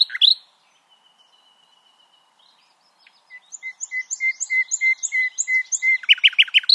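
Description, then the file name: Common nightingale song, a brief burst, a long thin steady whistle, then a steadily repeated piping note series ending in loud rapid notes. "Luscinia megarhynchos"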